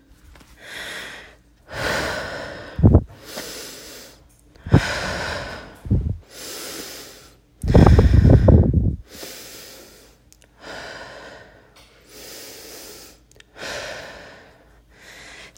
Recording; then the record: deep breathing after running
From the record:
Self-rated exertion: vigorous exertion (4 of 6); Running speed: 6 miles an hour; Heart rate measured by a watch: 95 beats a minute at the start, 101 at the end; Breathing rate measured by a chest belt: 27 breaths a minute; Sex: female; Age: 18 years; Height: 171 cm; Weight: 75 kg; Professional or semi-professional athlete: no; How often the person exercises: 1 to 2 times a week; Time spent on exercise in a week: under 1 hour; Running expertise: no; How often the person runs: 1 to 2 times a week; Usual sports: running, fencing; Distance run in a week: 3 km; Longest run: 21.3 km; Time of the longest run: 190 minutes